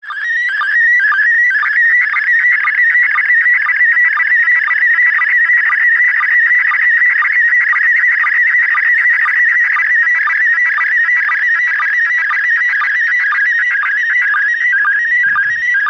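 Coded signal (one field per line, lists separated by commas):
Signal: SSTV (slow-scan television)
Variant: PD 120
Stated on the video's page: SSTV transmission from the ISS received on a handheld transceiver.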